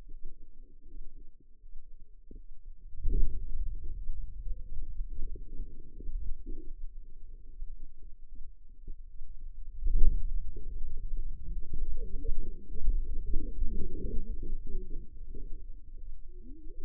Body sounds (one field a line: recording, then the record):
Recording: forearm muscle sounds (acoustic myography)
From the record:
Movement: hand closing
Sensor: system 2, bracelet of six BSWA MPA416 microphones around the upper forearm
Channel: 6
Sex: female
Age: 25 years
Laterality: right